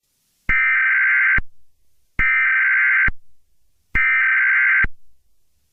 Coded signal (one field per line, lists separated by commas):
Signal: Emergency Alert System (SAME) tones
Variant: header bursts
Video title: EAS Scenario | Piglin Attack (#95)